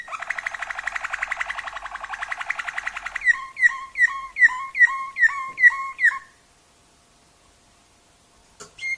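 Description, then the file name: Waterslager canary song: a rapid rattling trill for about three seconds, then several bubbling, gurgling notes at an even pace, followed by silence and a brief chirp. Waterslager canary song variations. "kenari waterslager variasi omkicau"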